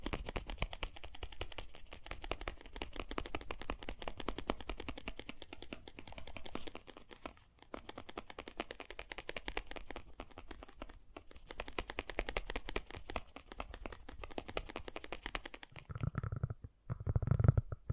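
Fast, gentle tapping runs in dense, rapid clicks for about sixteen seconds, briefly pausing near eight and eleven, then ending with soft low thumps.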